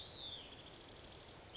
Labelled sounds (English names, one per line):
Hutton's Vireo